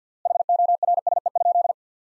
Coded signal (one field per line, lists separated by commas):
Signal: Morse code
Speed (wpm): 49 wpm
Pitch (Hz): 700 Hz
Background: none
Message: HORSE?